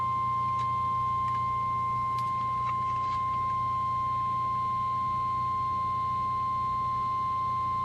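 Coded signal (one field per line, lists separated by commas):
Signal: Emergency Alert System (SAME) tones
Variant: 1050 Hz attention tone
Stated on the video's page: Two Snow Squall Warnings and a Required Weekly Test received from NOAA Weather Radio station KHB36.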